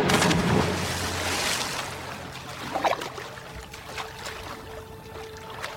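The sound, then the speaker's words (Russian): A man dives from a wooden jetty into a river: a broad rush of splashing water opens, then settles into softer sloshing and trickling, with one more brief splash midway and a faint low hum underneath. No one speaks. “Полина уходит, и Ефим с помостка ныряет в реку.”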